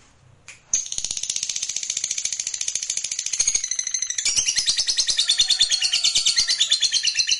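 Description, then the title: Lovebird bursting into a rapid pulsed ngekek trill after a brief pause, high and buzzy, growing louder and denser midway and continuing without a break. Fighter lovebird giving a long ngekek trill. "Begitu Dengar Suara Lovebird FIGHTER NGEKEK PANJANG"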